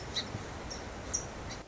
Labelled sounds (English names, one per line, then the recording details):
Song Sparrow
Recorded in Sonoma County, California